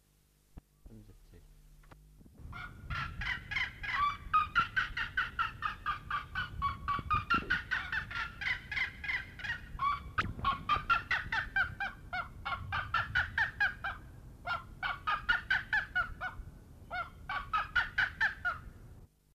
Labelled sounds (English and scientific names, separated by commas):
Black-legged Seriema (Chunga burmeisteri) call